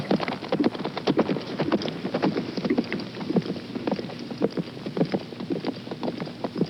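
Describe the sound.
Horse running and breathing heavily: loud, rhythmic breaths and hoofbeats throughout.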